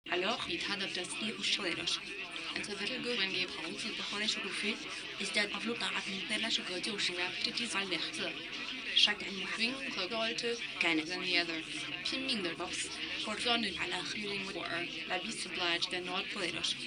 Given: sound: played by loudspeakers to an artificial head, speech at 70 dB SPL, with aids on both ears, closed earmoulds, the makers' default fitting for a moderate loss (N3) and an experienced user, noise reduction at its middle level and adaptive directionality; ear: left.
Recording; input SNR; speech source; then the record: speech test signal (ISTS) in cocktail-party noise; +6 dB; in front (0 degrees)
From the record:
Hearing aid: class 2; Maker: D